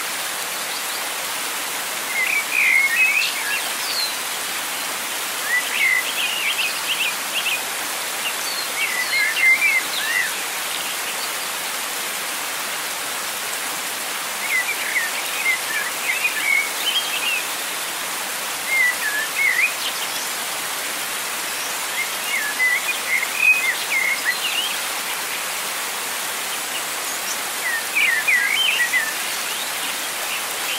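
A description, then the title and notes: A steady wash of falling water fills the scene, an even hiss spread from low to high with little change. Birds chirp in short bright bursts every few seconds, clustered around 2–3 seconds, 9, 15–17, 23 and 28–30. NATURE WITH WATERFALL AND BIRDS.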